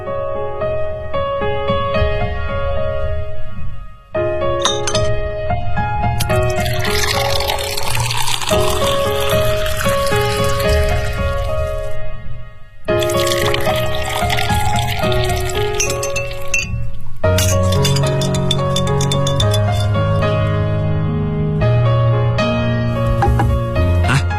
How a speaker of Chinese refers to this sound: 是你的鸡尾酒，它是由金酒、蓝橙立交酒、汤力水和冰块调成的，名字叫做魔镜。